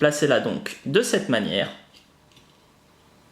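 The plastic cylinder head cover of a DeLorean scale model is being positioned on the engine block, with its small pin going into a hole, while someone talks. After the talking stops there are only faint handling ticks near 2.3 s and at the very end. Nothing has seated or clicked yet.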